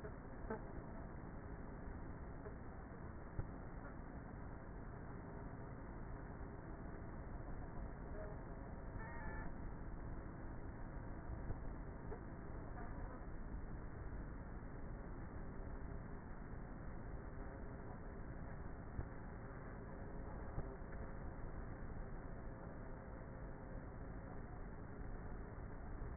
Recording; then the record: honeybee colony, microphone inside the hive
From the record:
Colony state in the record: queenless with a low population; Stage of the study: before two queens were removed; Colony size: about 30,000 bees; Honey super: no